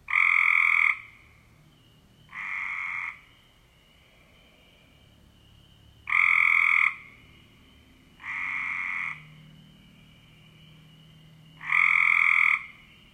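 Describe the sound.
Cope's gray treefrog giving fast buzzy trills, each under a second, repeated every few seconds, louder and softer calls alternating.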